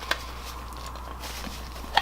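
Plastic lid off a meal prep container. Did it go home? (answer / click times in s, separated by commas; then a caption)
released / 0.1 s, 2.0 s. Plastic lids are pulled off meal prep containers and pop off with two sharp clicks at 0.1 s and 2.0 s, over a steady low hum. Both lids come free.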